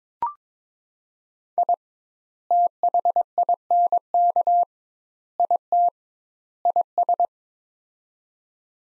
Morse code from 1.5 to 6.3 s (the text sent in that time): I THINK IT